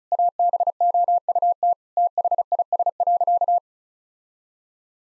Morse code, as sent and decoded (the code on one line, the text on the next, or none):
.- -... --- ..- - / - .... .. ... .-.-.-
ABOUT THIS.